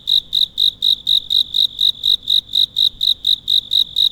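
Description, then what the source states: Cicada, a rapid train of sharp high pulses about four each second, steady and unbroken. Calling at night.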